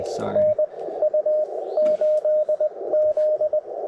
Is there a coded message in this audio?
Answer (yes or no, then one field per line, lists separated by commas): yes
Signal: Morse code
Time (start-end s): 0.4-3.6 s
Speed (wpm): 22 wpm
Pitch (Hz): 590 Hz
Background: speech, radio noise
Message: NU8Z